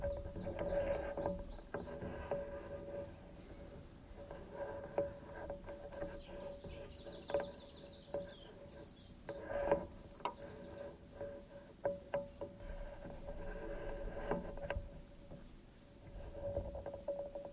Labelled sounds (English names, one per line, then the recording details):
Iberian Chiffchaff song
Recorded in the wild
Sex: male
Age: adult
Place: Ramales de la Victoria, Nordspanien, Kantabrien, ES
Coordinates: 43.25, -3.46667
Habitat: meadow with bushes (e.g. blackberry) and small trees
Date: 1964-04-30 16:00
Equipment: Nagra III PH, teils Richtmikrophon, teils Parapolspiegelmikrophon, LGS26
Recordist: Sapper and Schneider, H.-J
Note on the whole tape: Phylloscopus collybita brehmii (alte Bezeichnung, inzwischen eigene Art): Gesang. Bis 9:30 min. Aufnahme mit Richtmikrophon, anschließend mit Parabolspiegelmikrophon